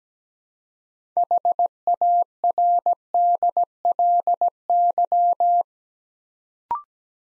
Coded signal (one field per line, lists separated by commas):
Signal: Morse code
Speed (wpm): 17 wpm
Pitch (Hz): 700 Hz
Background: none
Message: HARDLY